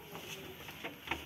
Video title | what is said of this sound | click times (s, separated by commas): How to Use TL-rewh Washing machine -- hardev ac | फिर ये इसको ऐसे ब्रश करना, ये ऐसे लॉक हो जाएगा। | 1.1 s